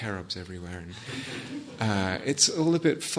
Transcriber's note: laughter